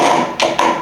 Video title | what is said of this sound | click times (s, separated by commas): Milwaukee Circular Saw Blade Change | It should click into place. You'll feel that button go all the way down. | 0.4 s